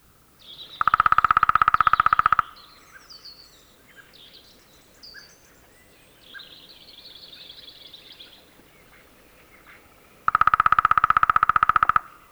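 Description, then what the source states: Lesser spotted woodpecker drumming: two long, even, rapid rolls, separated by a gap filled with thin chirps from other birds. Field recording.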